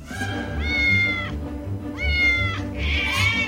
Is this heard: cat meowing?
yes